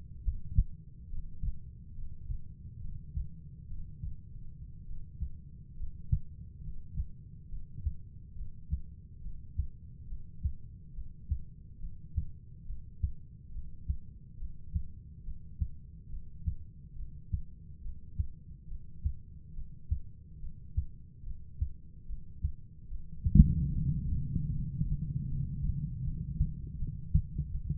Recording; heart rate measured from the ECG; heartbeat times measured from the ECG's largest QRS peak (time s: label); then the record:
heart sounds by stethoscope; 70 bpm
0.24 s: heartbeat
1.10 s: heartbeat
1.95 s: heartbeat
2.81 s: heartbeat
3.67 s: heartbeat
4.86 s: heartbeat
5.76 s: heartbeat
6.62 s: heartbeat
7.48 s: heartbeat
8.34 s: heartbeat
9.20 s: heartbeat
10.06 s: heartbeat
10.92 s: heartbeat
11.79 s: heartbeat
12.65 s: heartbeat
13.51 s: heartbeat
14.37 s: heartbeat
15.23 s: heartbeat
16.09 s: heartbeat
16.95 s: heartbeat
17.81 s: heartbeat
18.67 s: heartbeat
19.53 s: heartbeat
20.39 s: heartbeat
21.23 s: heartbeat
22.05 s: heartbeat
22.87 s: heartbeat
23.70 s: heartbeat
24.50 s: heartbeat
25.28 s: heartbeat
26.04 s: heartbeat
26.78 s: heartbeat
27.51 s: heartbeat
From the record:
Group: heart failure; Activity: breath hold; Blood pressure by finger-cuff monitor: 60/43 mmHg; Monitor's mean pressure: 50 mmHg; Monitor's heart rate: 70 bpm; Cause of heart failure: non-ischemic cardiomyopathy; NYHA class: 1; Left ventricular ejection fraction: 42%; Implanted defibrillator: present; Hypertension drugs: sacubitril-valsartan, spironolactone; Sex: female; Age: 39 years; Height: 162 cm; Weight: 67.9 kg